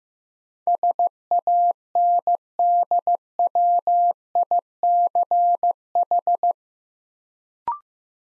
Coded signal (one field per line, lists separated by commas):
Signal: Morse code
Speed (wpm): 15 wpm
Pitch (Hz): 700 Hz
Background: none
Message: SANDWICH